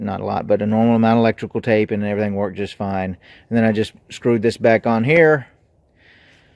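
Someone talks while handling a plastic trim cover on the rear of a 2010 Expedition SUV after wiring a Yada wireless backup camera, with the wires stripped, connected and wrapped in electrical tape. The talking stops around 5.5 s, leaving only a faint high hiss to the end. The trim cover has not yet snapped back into place, and nothing has seated or clicked.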